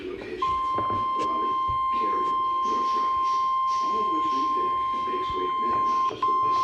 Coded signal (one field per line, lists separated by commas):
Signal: Emergency Alert System (SAME) tones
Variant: 1050 Hz attention tone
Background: speech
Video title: EAS #23 Severe Thunderstorm Warning